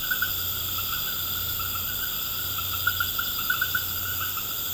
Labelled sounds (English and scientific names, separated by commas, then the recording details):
none
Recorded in pastures near Puerto Asís, Putumayo, Colombia, on 19 March 2025 at 20:00
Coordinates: 0.472, -76.329
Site G074